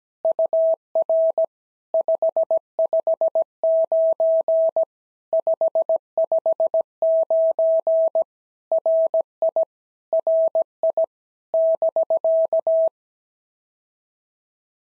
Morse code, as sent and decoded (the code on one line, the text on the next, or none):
..- .-. / ..... ..... ----. / ..... ..... ----. / .-. .. / .-. .. / -...-.-
UR 559 559 RI RI <BK>